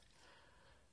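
During reassembly of an SKS rifle, a part is being pushed back into the metal receiver, and only a steady, breathy broadband hiss is heard for the full second with no sharp transient. Nothing has seated or clicked yet; the part is not home.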